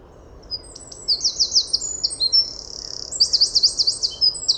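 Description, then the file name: Eurasian wren song, one continuous run of very high, quick trills and bright chattering notes, faint hiss in the background. "Troglodytes troglodytes"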